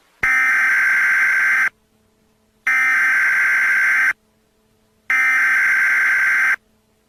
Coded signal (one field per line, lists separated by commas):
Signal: Emergency Alert System (SAME) tones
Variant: header bursts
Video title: EAS Scenario: Ancient Evil